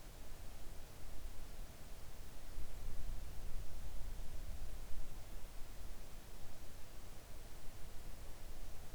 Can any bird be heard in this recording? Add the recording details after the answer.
no. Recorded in the Arctic National Wildlife Refuge, Alaska, on 3 August 2019 at 05:24. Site 41